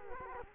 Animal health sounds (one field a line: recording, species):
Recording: mosquito wingbeat signal from an infrared sensor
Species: Culex quinquefasciatus